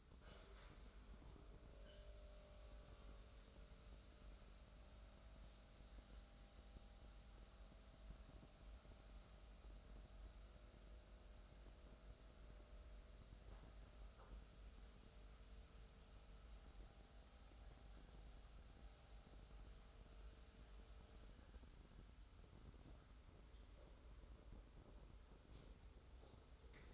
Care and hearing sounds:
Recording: daily activity, microphone in the room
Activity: make coffee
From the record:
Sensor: 3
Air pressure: 990.7 hPa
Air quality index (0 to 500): 157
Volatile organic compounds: 694 ppm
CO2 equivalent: 5036 ppm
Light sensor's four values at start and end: 34/81/32/30 and 34/81/32/30

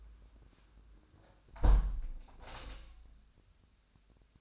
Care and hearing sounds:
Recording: daily activity, microphone in the room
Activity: close window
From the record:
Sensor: 2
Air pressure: 1006.4 hPa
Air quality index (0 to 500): 203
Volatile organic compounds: 15 ppm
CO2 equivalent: 2482 ppm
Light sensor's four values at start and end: 9/21/9/9 and 9/21/9/9

